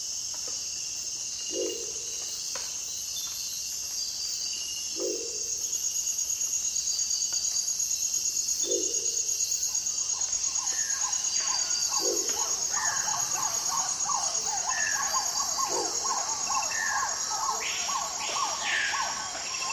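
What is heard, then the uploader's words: A dense rainforest ambience with a steady, high insect drone running throughout. Low, hooting bird calls repeat about every three and a half seconds, and from the midpoint a chattering, rapid bird chorus joins in, thickening the scene. Amazon Jungle is a collection of unique ambiences recorded in the Amazon rainforest on the border between Peru, Bolivia and Brazil. The library was recorded during the rainy season when birds are vocal and humidity is at its highest.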